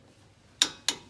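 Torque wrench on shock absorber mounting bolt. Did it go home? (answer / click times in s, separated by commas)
yes / 0.6 s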